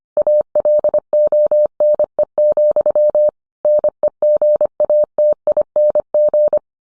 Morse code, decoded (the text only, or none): ALONE, NEGATING